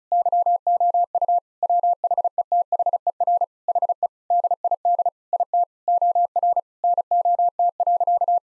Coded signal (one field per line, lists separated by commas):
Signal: Morse code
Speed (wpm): 34 wpm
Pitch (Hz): 700 Hz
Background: none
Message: YOU WHETHER HE DID IT OR NOT.